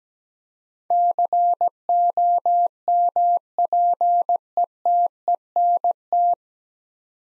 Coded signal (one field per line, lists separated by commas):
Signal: Morse code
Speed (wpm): 17 wpm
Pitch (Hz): 700 Hz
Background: none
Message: COMPETENT